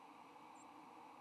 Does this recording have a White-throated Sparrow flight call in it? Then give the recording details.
no. Another species' flight call is heard. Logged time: 09:40 on 15 November 2014